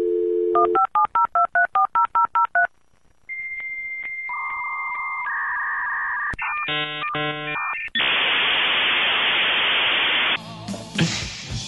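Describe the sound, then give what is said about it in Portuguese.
A dial-up modem connects to the internet over a telephone line: a quick run of dialing beeps, then steady handshake tones, warbling chirps and a loud hissing screech that changes texture before cutting off. “nessa hora eu vou colocar o barulho da internet.”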